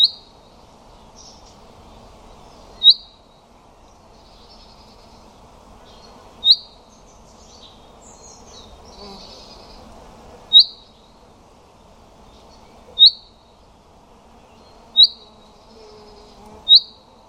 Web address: birddata Deverinetal 2025 Bird Only Fr Co